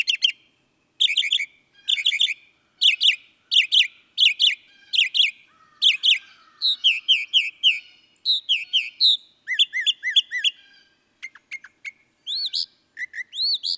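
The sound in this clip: Northern mockingbird singing a rapid medley of buzzy, chirping and whistled phrases, each phrase repeated several times before changing, with no other sounds.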